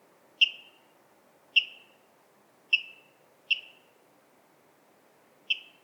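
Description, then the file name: Water rail calling five abrupt, bright notes with a brief dropping tail, spaced irregularly about a second apart, against soft background noise. "Waterral Rallus aquaticus"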